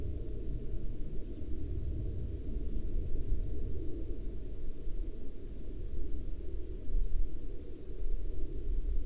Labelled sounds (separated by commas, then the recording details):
aircraft
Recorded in Ivvavik National Park, Yukon, on 15 June 2019 at 09:44
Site SINP09